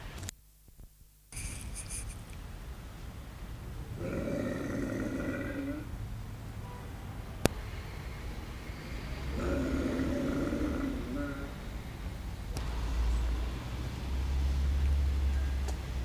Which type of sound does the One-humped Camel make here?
call